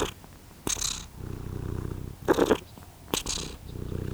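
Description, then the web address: Domestic cat purring in a low, pulsing rumble, interrupted by brief rustles and clicks. Cat purring in a farmyard. "allathangok parasztudvar macska dorombol gorestanya"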